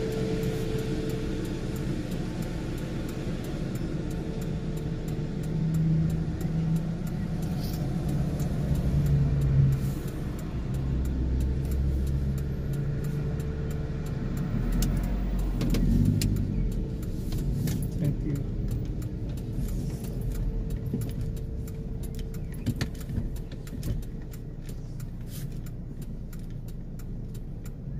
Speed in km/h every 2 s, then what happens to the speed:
0, 0, 0, 0, 0, 0, 0, 0, 10, 8, 3, 8, 1, 0.
0-14 standing. 14-16 pulls away to 10. 16-23 slows to 1. 23-26 standing.